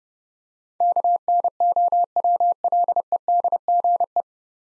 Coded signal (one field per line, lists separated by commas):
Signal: Morse code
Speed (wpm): 30 wpm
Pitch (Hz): 700 Hz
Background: none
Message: KNOWLEDGE